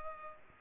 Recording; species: mosquito wingbeat signal from an infrared sensor; Culex pipiens